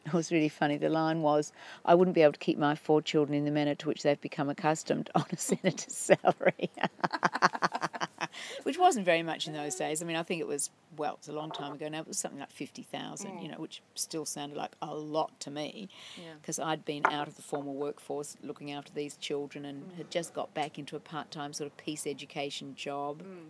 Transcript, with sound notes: It was really funny the line was, I wouldn’t be able to keep my four children in the manner to which they’ve become accustomed on a Senator’s salary, [laughs] which wasn’t very much in those days. I think it was, well it was a long time ago now, it was something like fifty thousand, which still sounded like a lot to me because I had been out of the formal workforce looking after these children and had just got back into a part-time Peace Education job.